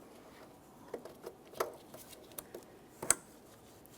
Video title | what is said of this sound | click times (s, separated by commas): How to Replace Windshield Washer Reservoir 2017-2024 GMC Acadia | I heard a click a little tug lock it in | 3.1 s